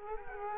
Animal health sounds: mosquito wingbeat signal from an infrared sensor; Culex quinquefasciatus

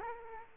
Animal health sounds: mosquito wingbeat signal from an infrared sensor; Culex quinquefasciatus

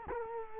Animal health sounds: mosquito wingbeat signal from an infrared sensor; Culex quinquefasciatus

